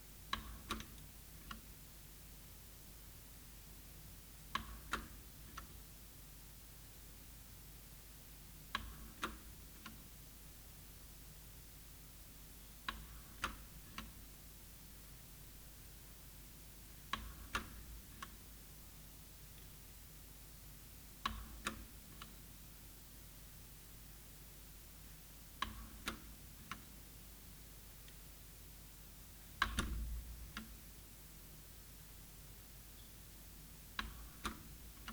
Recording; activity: daily activity, guitar pickup as the sensor; manipulate door